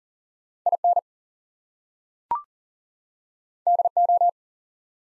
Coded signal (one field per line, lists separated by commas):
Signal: Morse code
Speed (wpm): 38 wpm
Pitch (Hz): 700 Hz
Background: none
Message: IN DO